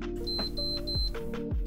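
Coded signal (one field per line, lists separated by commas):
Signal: beep code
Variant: Sage/Breville Dual Boiler espresso machine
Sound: three short high-pitched beeps over rhythmic clicking and low humming tones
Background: machine clicks, background music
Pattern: 3 short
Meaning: The steam boiler won't heat up, so milk can't be steamed but shots can still be pulled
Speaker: if you've never heard this three beeps issue this is what it sounds like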